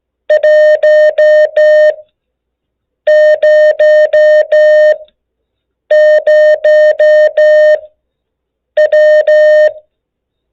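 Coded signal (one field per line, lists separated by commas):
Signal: Morse code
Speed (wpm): 15 wpm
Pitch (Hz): 610 Hz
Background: none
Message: 100W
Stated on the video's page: Beginner CW contact practice covering Q-signals, prosigns and operating etiquette.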